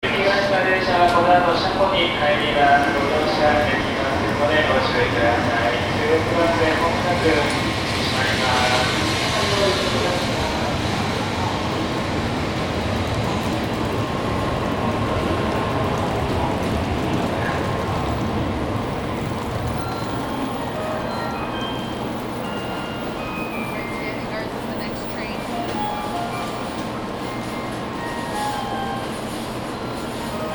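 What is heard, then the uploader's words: A busy bullet-train platform at a large station, with a steady crowd murmur and overlapping voices throughout. Train and rail sounds rumble low underneath, and short bright tones and chimes sound now and then, especially around the middle and near twenty seconds. Tokyo Station - Shinkansen Platforms. Sound recorded with Zoom H2N in 2 channel surround mode.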